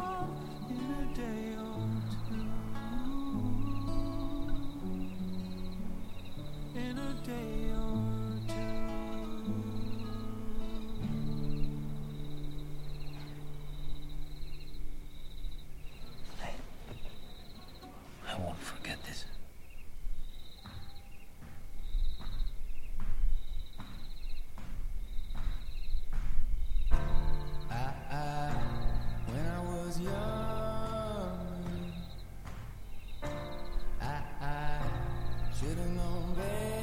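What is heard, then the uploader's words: Crickets chirp in a steady, regular pulse high above a soft wind in the grass, while low tones and voices shift and fade throughout. The chirping of the crickets and the light wind in the grass.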